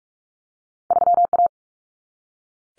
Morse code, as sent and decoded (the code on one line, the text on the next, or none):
...-- .-
3A